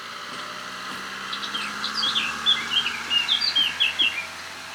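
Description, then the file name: Eurasian blackcap calls and chirps, a loose series of short high notes building through the second half, over a steady background hiss. "Sylvia atricapilla"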